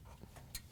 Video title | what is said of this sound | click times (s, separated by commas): How To: Whirlpool/KitchenAid/Maytag Drive Motor Assembly WP8182793 | so the main connector just plugs in and locks into place | 0.6 s